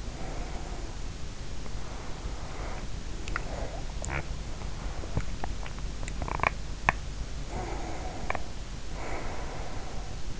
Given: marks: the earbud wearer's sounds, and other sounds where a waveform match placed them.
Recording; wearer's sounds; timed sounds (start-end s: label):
sounds in sleep by an in-ear microphone; breath, teeth grinding
0.00-3.11 s: breath
3.26-7.22 s: teeth grinding
7.45-10.40 s: breath